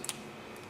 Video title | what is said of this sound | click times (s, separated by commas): How To Replace Rear Brakes And Rotors 2002-2006 Ford Expedition | and it snaps right in place. | 0.0 s, 0.1 s